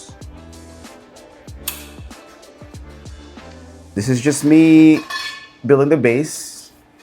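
Two metal frame pole sections of a Lasermet Dolphin Pod Lite portable laser safety enclosure are handled as they are pushed together at a spring-button lock while building the base. Music plays throughout, a brief sharp tick stands out at 1.7 s, and someone talks near the end. Nothing has seated or clicked yet.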